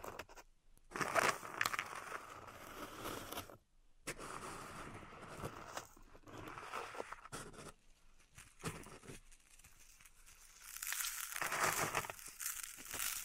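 Pink salt in a zen garden is raked and pressed, giving a gritty, crunchy scraping that comes in uneven bursts. Brief silent gaps fall near 1, 4 and 8.5 seconds, and the crunching swells louder and brighter over the last two seconds.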